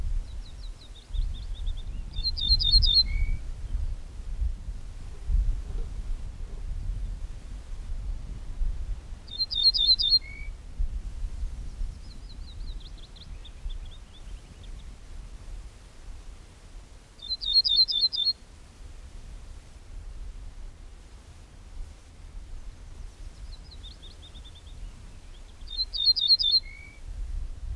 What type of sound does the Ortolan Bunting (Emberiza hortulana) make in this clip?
song